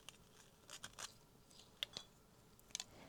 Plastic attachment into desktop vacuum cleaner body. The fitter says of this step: yeah, there you go. So you just need to align it, and then it kind of locks into place so it won't fall out.